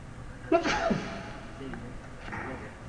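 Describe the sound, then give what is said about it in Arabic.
A single sharp sneeze bursts out, a quick intake then an explosive burst, followed by quieter background murmuring and faint voices, during an Arabic grammar lesson. “رحمك الله.”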